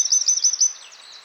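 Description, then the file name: Eurasian wren song fragment, a rapid run of high, sharp notes that quickly fades into quieter trilling. "Troglodytes troglodytes"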